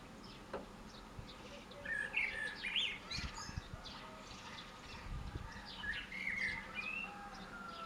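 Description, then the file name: Common blackbird song, two warbled phrases amid high thin chirps and a few low thumps. "Turdus merula"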